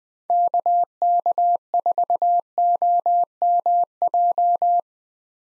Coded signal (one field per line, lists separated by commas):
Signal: Morse code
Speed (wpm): 21 wpm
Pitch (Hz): 700 Hz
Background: none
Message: KK4OMJ